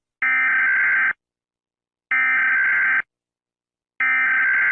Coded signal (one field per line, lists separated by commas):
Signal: Emergency Alert System (SAME) tones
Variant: header bursts